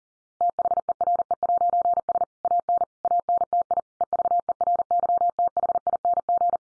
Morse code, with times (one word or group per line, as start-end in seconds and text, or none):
0.4-2.2 THERE'S
2.4-2.8 AN
3.0-3.8 ANTI
4.0-6.6 EVERYTHING